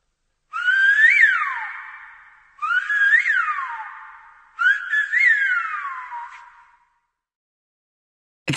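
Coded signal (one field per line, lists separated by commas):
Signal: whistled language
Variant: Silbo Gomero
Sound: three similar loud whistled phrases, each rising, peaking sharply, then gliding down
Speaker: according to the translation I have here they were discussing a party and one was asking the other to go and get a musical instrument to bring to it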